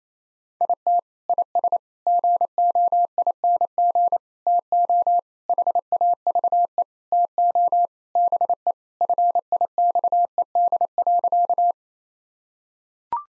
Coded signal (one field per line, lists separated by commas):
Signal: Morse code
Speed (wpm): 28 wpm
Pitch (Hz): 700 Hz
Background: none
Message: IT IS GOING TO HAVE TO BE FIXED.